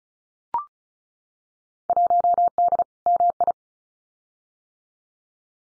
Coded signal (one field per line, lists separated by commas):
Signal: Morse code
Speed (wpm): 36 wpm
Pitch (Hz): 700 Hz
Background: none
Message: 1D MI